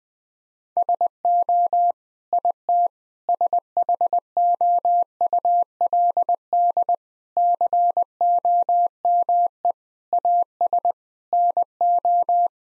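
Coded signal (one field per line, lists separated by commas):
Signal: Morse code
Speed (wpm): 20 wpm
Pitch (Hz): 700 Hz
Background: none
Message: SO IT SHOULD COME AS NO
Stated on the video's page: Morse head-copy drill of common 8-word groups at 20 wpm, each sent, spoken, then sent again.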